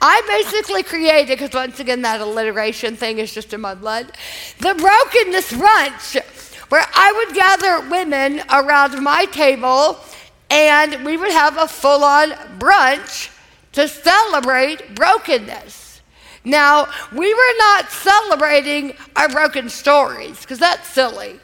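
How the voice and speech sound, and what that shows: Slow, nasal-sounding speech from an adult woman, with stretched sounds and frequent pauses: dysarthria after a massive brainstem stroke years earlier, followed by long recovery; she has major problems with speaking.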